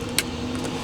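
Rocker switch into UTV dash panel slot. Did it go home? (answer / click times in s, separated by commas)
yes / 0.2 s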